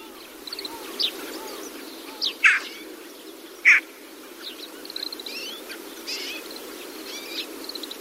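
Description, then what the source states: Daurian jackdaw giving a few short, sharp calls amid many fainter chirps and twitters. Itakura Town, Gunma Prefecture, Japan.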